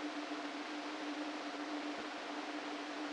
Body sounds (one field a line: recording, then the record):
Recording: brain microelectrode recording played as sound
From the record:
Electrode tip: inside the subthalamic nucleus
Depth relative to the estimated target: -2 mm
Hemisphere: right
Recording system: NeuroSet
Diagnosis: Parkinson's disease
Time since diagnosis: 13 years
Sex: male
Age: 49 years